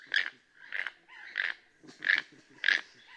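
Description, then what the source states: Keel-billed toucans calling with dry, grating croaks, one rough note roughly every two-thirds of a second. Two birds calling back and forth to one another in Guatemalan rainforest.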